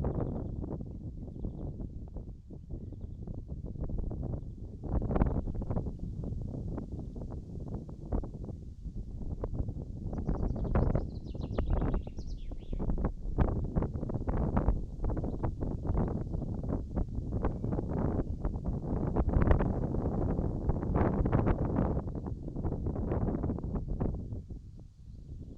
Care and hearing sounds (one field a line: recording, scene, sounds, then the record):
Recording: everyday scene through a hearing-aid microphone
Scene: wind on the microphone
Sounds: wind, birds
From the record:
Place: in front of a rural house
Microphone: in the ear canal, right